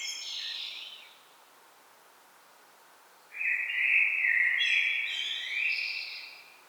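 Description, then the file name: Common blackbird singing: a brief high twittering tail, a pause, then a full mellow warbled phrase that rises into thin, squeaky twitters. "Turdus merula"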